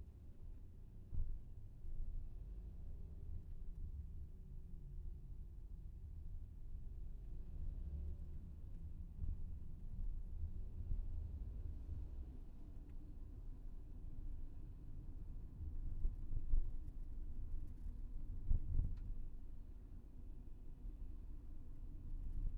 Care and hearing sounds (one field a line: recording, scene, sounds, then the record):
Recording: everyday scene through a hearing-aid microphone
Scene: in a vehicle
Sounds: engine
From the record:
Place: VW T5 Caravelle, diesel engine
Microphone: behind the ear, left, rear